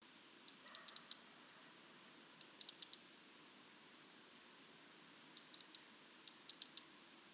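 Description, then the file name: European robin clicking calls in four short bursts of rapid, hard ticks, each burst lasting under a second, separated by silences. "Erithacus rubecula"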